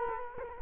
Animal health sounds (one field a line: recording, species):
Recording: mosquito wingbeat signal from an infrared sensor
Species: Culex quinquefasciatus